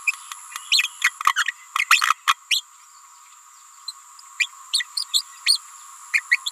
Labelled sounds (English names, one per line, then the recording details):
Green-rumped Parrotlet babbling
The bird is a female
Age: 28 days
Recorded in a nest box in Venezuela
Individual 17B31A3